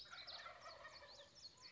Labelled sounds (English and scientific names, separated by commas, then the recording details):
Wild Turkey (Meleagris gallopavo)
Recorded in Sonoma County, California